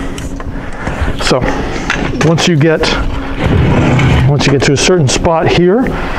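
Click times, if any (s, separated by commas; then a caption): none. The folding arm of a portable projection screen frame is unfolded by hand toward its lock position, producing light handling clatter and knocks around 0.2, 0.4, 1.5 and 1.9 seconds while someone talks. The arm lock has not been flipped over or clicked yet.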